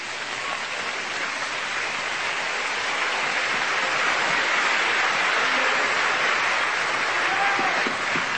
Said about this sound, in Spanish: Vamos a alabar en esta noche a Jesús y quiero que me acompañen con sus palmas en esta noche. Si los aplausos son para Cristo, déjenlo más fuerte.